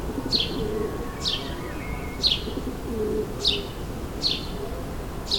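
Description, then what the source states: Sparrow chirps, bright falling notes given roughly once a second, with a low rumbling hum underneath. Sparrows recorded in suburban ambient surroundings, May 2022.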